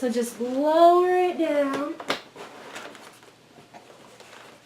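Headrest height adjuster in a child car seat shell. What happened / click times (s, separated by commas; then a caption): The adjuster is being lowered and has not clicked into place yet / none. The plastic headrest and harness height adjuster in the shell of a Graco Atlas 65 child car seat is lowered toward the right height, because it sits just above the child's shoulder and should be at least a centimeter lower. Someone talks at the start, followed by quiet handling sounds with small soft bumps around 3.0 s and 4.2 s. Nothing has clicked into place yet.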